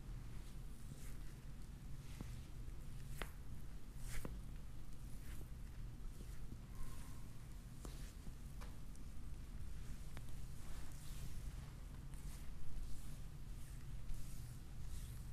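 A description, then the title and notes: An oily foot massage in a chair: a steady low hum runs under repeated soft squishing rubs and brief sharp slick clicks every second or so. ASMR relaxing oil foot massage in chair.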